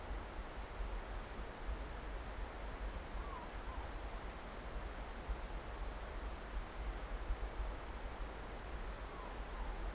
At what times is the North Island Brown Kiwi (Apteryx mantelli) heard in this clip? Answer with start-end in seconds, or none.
none